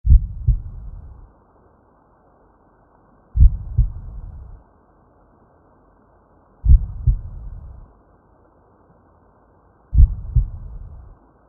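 Very slow, deep heartbeat of a whale, about 18 beats a minute. Each beat is a pair of low thumps followed by a rumbling tail, with long silent gaps between beats.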